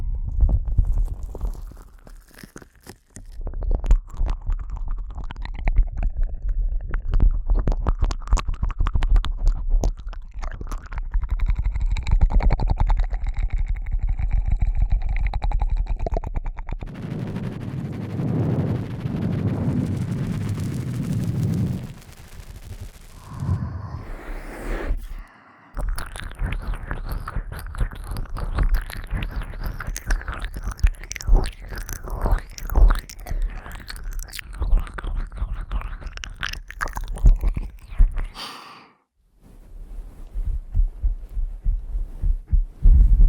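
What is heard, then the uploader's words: Ear eating mouth sounds: a dense run of wet clicks, smacks and chewing noises that keep up almost without pause. From about 17 to 22 seconds a rough, hissing rustle takes over, and brief silences break the flow near 3, 25 and 39 seconds. ASMR Ear Eating You.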